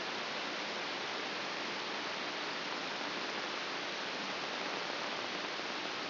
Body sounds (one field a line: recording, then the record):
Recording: brain microelectrode recording played as sound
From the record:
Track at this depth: outside the subthalamic nucleus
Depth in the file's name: 5.816 mm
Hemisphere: left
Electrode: 3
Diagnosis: Parkinson's disease